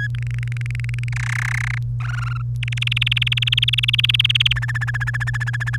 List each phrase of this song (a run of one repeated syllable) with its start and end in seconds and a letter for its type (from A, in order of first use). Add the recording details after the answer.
0.00-0.08 A, 0.15-1.09 B, 1.12-1.78 C, 2.00-2.42 D, 2.63-4.53 E, 4.56-5.77 F. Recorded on 1 May 2018 at 18:06. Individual llb3